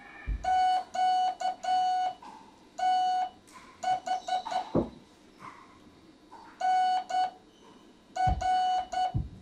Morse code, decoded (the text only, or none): QTH NR